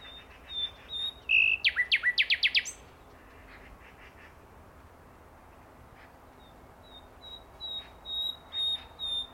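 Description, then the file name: Common nightingale song: thin high whistles, then a loud fast string of sharp notes and a buzz, a long pause, and soft whistled notes resuming. "Luscinia megarhynchos"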